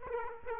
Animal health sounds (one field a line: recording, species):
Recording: mosquito wingbeat signal from an infrared sensor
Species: Aedes aegypti